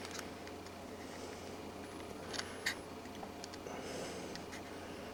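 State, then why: Not seated. An upgrade joystick control board is handled over its plastic controller housing, to be pressed down into it one side at a time. Low steady background noise carries a couple of brief ticks around 2.4 and 2.7 seconds from the handling. Nothing has seated or clicked yet.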